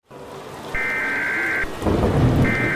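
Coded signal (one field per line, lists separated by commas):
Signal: Emergency Alert System (SAME) tones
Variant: header bursts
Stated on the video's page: EAS tones created with EAS simulation software for a fictional zombie apocalypse scenario.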